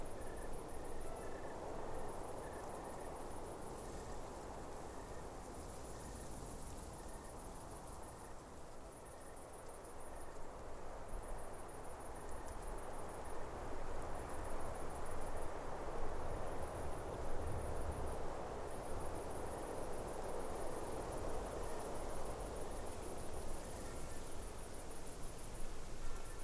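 On a mountain summit, insects, likely crickets, chirp without pause, a high pulsing trill that repeats in short regular bursts across the whole clip. Beneath it runs a steady low rush like wind, growing slightly louder after about twelve seconds.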